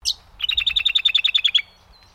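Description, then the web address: Brown honeyeater call: a single high chip, then a quick, even run of about twelve bright, clipped notes. "Sound Effects-Foundation 1 BIRD BROWN HONEY EATER CALL"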